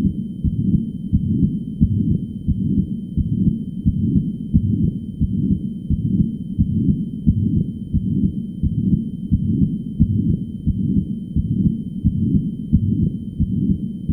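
A continuous heart murmur heard by stethoscope over an adult heart: a low-pitched rumbling whoosh runs without a break through every heartbeat, carrying through both systole and diastole, with regular beats riding on top of it and no quiet gaps between them.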